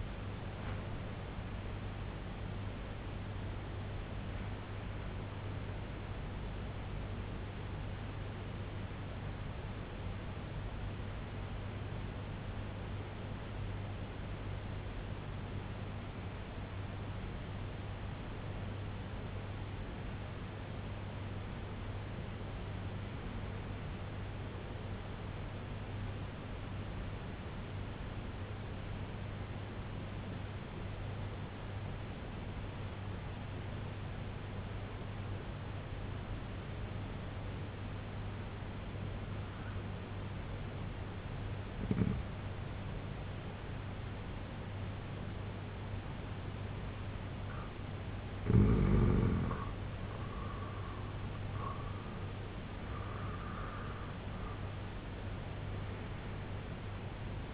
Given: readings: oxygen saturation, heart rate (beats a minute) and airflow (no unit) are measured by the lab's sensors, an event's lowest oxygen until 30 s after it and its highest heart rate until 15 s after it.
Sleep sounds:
breathing in sleep by a voice recorder at the bedside; 2
6.00-24.60 s: hypopnea (N1, oxygen 97% highest, then 91% lowest, heart rate 87 at the start, 87 highest)
29.00-57.54 s: new sleep stage, N2 (light sleep)
33.00-47.10 s: obstructive apnea (N2, oxygen 94% highest, then 88% lowest, heart rate 66 at the start, 91 highest)
From the record:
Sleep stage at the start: N1 (lightest sleep); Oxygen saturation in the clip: 89 to 97%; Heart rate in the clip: 64 to 96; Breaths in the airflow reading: 9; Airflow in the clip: -8.9 to 10.0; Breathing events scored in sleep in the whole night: 258 in 7.4 hours asleep

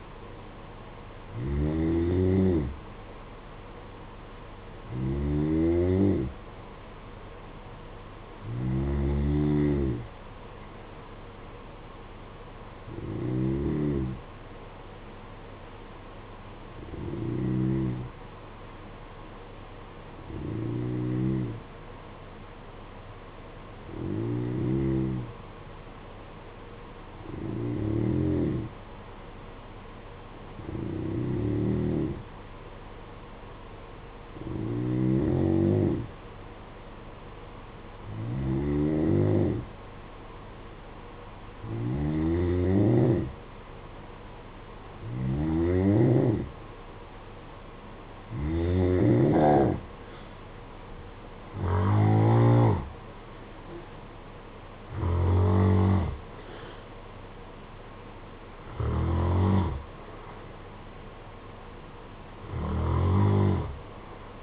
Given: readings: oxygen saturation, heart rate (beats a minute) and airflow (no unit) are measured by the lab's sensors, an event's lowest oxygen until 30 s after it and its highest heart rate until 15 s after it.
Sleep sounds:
breathing in sleep by a voice recorder at the bedside; 1
16.00-46.80 s: hypopnea (N2, oxygen 93% highest, then 88% lowest, heart rate 54 at the start, 60 highest)
From the record:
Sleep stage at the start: N2 (light sleep); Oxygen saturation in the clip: 87 to 93%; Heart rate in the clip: 53 to 60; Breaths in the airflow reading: 18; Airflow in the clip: -10.4 to 6.5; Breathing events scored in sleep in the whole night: 476 in 9.7 hours asleep

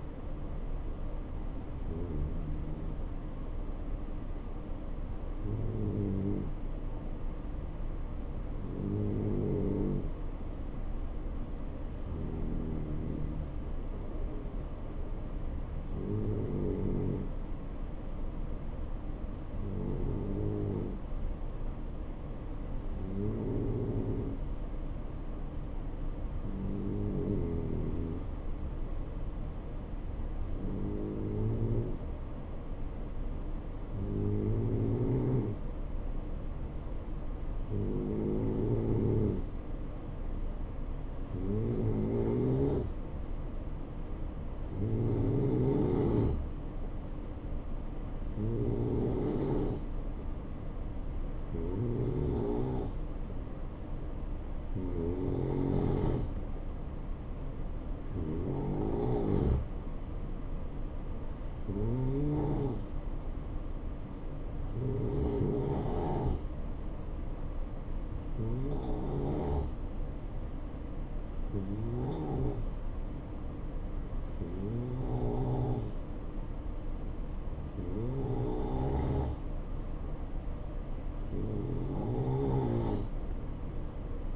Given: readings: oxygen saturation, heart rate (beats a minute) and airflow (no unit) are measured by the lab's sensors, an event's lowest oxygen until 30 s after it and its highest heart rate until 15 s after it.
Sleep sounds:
breathing in sleep by a smartphone at the bedside; 1
6.00-33.20 s: hypopnea (N2, oxygen 91% highest, then 88% lowest, heart rate 68 at the start, 72 highest)
From the record:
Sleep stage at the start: N2 (light sleep); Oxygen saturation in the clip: 88 to 91%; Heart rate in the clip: 65 to 72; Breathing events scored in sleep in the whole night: 277 in 7.4 hours asleep

